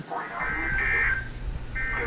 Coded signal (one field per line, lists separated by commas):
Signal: Emergency Alert System (SAME) tones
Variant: end-of-message bursts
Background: speech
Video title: February Sneaks in Some Last-Minute Severeness | EAS #366-376 (Severe Weather Alerts from 2/28/2024)